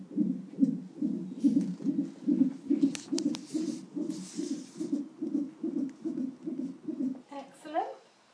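Fetal heartbeat heard on a Doppler monitor, about 143 beats per minute, with normal variability: the rate varies by about 5 beats within a minute, with a brief dip that recovers within about 5 seconds.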